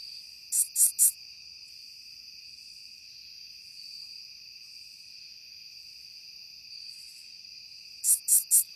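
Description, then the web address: Curve-tailed bush katydid producing brief high-pitched raspy chirps in short bursts at the beginning and end, against a constant high drone. Recorded in North America. "Songs of Insects. Curve-tailed Bush Katydid"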